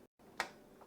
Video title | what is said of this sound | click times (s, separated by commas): How to Build a PC, Step by Step, Slow & Easy Computer Build Guide | you can hear that click when you push that down | 0.4 s